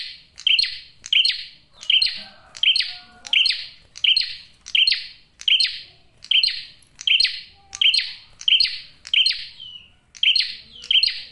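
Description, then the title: Prinia giving loud, clipped chirps in a steady series, roughly one burst every two-thirds of a second, each note sharp and high. Male in full, clear, tight song on a tutor (masteran) recording; for trapping birds and for attracting females. "Masteran Duet Cililin Vs Kapas Tembak. PRENJAK JANTAN GACOR SUARA JERNIH, RAPET. " COCOK UNTUK PIKAT MAUPUN PANCINGAN BETINA ""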